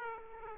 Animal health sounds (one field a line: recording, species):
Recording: mosquito wingbeat signal from an infrared sensor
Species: Aedes aegypti